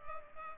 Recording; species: mosquito wingbeat signal from an infrared sensor; Culex pipiens